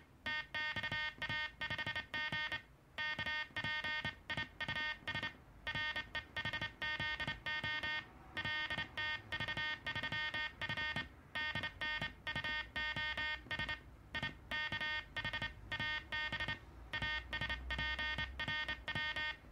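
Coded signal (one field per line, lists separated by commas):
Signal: Morse code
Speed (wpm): 27 wpm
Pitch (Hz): 1850 Hz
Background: music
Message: TXA5G KPIUS REHZO LTV3F DNUOS IKHAB ASPRW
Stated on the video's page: Sideswiper (cootie) key, Soviet-made KDM 2, slightly modified with its lever mounted on two bearings under a bakelite base.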